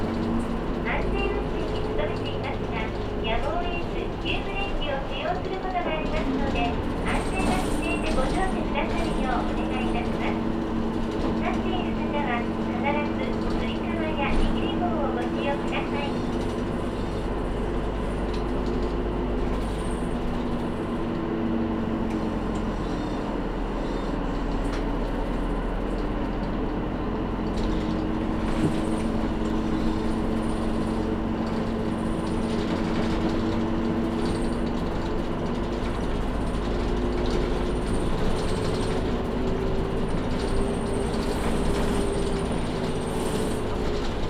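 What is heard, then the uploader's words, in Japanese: Inside a small train riding between stations, a steady heavy rumble with a wavering motor whine rising and falling, and faint voices underneath. 松浦鉄道・西肥バス 中佐世保→佐世保→弓張岳展望台。無人駅の中佐世保駅から乗車する。列車は２両編成で車掌も乗務していました。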